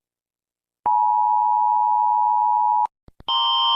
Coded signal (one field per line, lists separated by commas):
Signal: Emergency Alert System (SAME) tones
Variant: 853 and 960 Hz attention tone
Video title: Reacting To Animated EAS Alarm